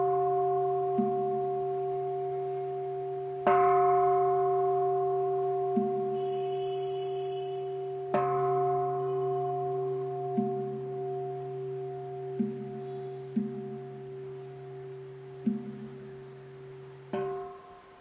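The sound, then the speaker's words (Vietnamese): A Buddhist temple bell is struck three times in the Southern Vietnamese Buddhist ritual style of opening the bell and wooden fish, each strike loud and resonant with a long, humming decay, while softer low knocks sound intermittently between the strikes. No voices. “Đây là cái cách khai chuông mõ theo phong cách của nghi lễ Phật giáo miền Nam.”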